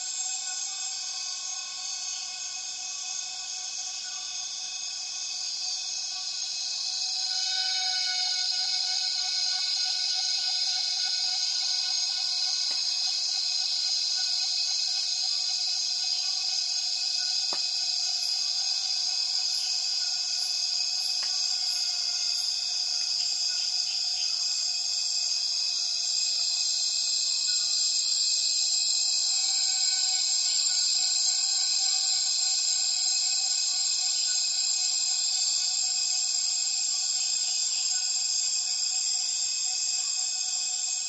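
Cicadas fill the Borneo rainforest at dusk with a dense, steady shrill drone that swells after a few seconds, with brief rapid pulses above.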